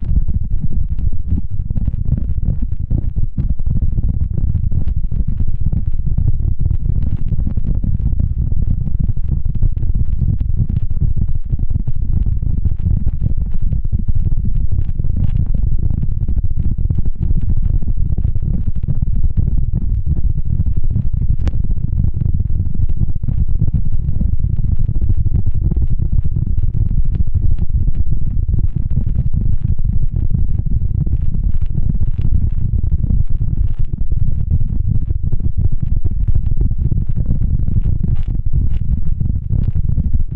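Microphones muffled under tape give a steady, dense low rumble, peppered throughout with small rapid crackles and taps for the full forty seconds.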